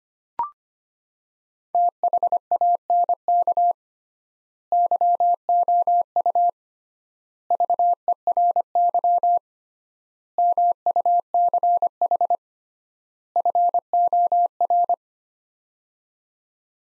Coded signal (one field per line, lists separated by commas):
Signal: Morse code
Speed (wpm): 25 wpm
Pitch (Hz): 700 Hz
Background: none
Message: THANK YOU VERY MUCH FOR